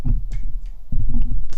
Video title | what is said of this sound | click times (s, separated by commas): Lego Transformers (Hellmobile V2) | three clicks. Yeah, three clicks. | 0.3 s, 0.9 s, 1.5 s